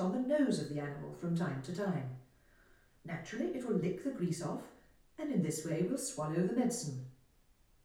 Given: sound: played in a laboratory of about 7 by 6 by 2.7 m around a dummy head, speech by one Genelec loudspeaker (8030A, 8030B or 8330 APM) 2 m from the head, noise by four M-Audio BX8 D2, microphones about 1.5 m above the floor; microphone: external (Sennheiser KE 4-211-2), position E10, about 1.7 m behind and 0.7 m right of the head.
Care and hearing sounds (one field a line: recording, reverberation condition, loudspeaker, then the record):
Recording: female speech in English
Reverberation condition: medium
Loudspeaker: 30 degrees to the left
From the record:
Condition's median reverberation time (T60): about 510 ms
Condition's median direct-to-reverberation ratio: about -0.5 dB